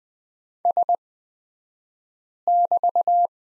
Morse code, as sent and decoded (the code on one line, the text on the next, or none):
... -...-
S<BT>